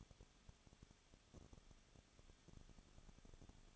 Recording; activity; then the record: daily activity, microphone in the room; no activity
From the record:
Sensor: 4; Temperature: 23.0 degrees Celsius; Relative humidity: 34.2%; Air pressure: 1007.4 hPa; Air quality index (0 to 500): 213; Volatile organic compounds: 14 ppm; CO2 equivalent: 2452 ppm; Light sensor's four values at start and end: 2/3/1/1 and 2/3/1/1